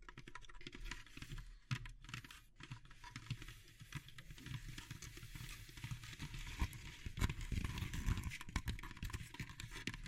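Dense, rapid clicking and scratching of wood, bamboo and straw, crackly and continuous, with heavier taps and rustles growing busier after seven seconds.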